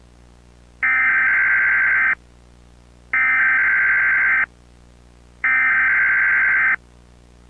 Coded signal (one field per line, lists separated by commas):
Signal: Emergency Alert System (SAME) tones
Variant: header bursts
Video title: EAS Scenario - Intergalactic War (PREVIEW #4)